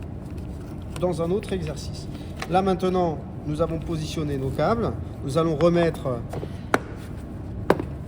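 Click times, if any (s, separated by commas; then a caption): 7.7 s. Someone talks while the plastic sealing box cover over the connection terminal strip of a dual-motor air-conditioning evaporator is put back in place over the positioned cables. A sharp tap sounds at 6.7 s, then the cover snaps shut with a small click at 7.7 s, the click that shows a good seal.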